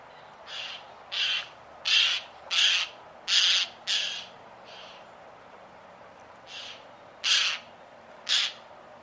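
Bird calling in a run of rough, buzzy squawks, several in quick succession, then a pause and three more scattered calls.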